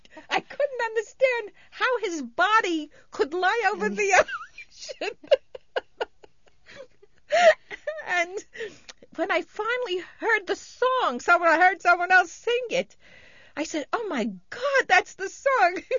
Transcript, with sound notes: I couldn't understand how his body could lie over the ocean. ( she laughs ) And when I finally heard the song, I heard someone else sing it, I said, "Oh, my God, that's the song."